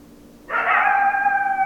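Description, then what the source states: Coyote howl starting abruptly after a short quiet pause and holding a steady, tonal, layered pitch to the end. Several coyotes, 10 December 2012.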